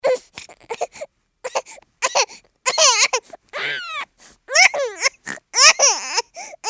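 Short, high-pitched wailing bursts with rising and falling pitch break up into choppy sobs and gasps across about seven seconds, the pattern of a crying baby.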